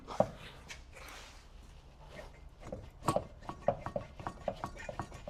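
The splined inner end of a BMW i3 CV axle, already lined up and started into the differential output, is handled and pushed, producing sharp knocks at about 0.2, 3.1 and 3.7 seconds followed by a run of smaller taps and rubbing. Nothing has seated yet: the retaining clip has not snapped in and the axle is not home by the end.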